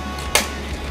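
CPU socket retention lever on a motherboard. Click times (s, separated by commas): 0.4 s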